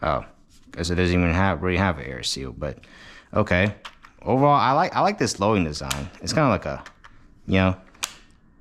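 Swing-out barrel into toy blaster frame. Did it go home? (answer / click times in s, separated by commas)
yes / 7.9 s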